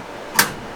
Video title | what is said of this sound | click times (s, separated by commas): WHO SENT ME THIS MASSIVE BOX? | there we go clicks right in perfect very nice | 0.4 s